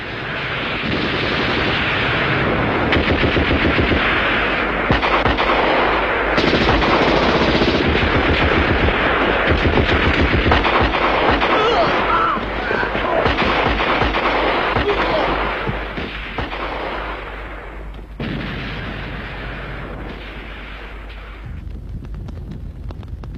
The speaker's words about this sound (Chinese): 当五一反扫荡打得最紧张、最激烈的时候，在滹沱河的下游赵庄，发生了一次地裂山崩的战斗。杀声、喊声、枪声、炮声响成了一锅，从拂晓打到黄昏，从黄昏打到天明，直打得硝烟漫地、火光冲天。